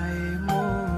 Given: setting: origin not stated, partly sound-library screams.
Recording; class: one-second piece from a danger detection set; normal situation